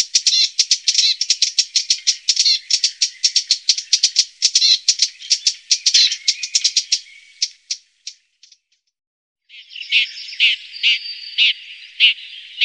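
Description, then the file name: Red-backed shrike with a harsh, rapid rattling chatter of dry notes for about seven seconds, then a pause and a scratchy twittering warble. "Tornskata"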